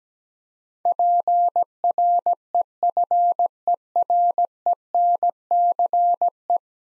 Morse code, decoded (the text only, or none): PREFERENCE